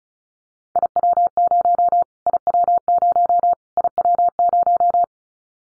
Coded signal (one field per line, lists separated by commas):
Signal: Morse code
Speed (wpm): 34 wpm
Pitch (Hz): 700 Hz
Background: none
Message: IW0 IW0 IW0